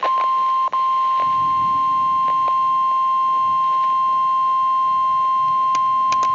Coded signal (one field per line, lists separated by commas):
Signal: Emergency Alert System (SAME) tones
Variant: 1050 Hz attention tone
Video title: [EAS Timeline] South Carolina Tornado Outbreak 04-13-2020 EAS #37-46